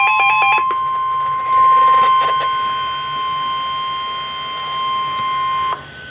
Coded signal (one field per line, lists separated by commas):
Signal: Emergency Alert System (SAME) tones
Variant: 1050 Hz attention tone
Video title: Special Marine Warning (EAS #409)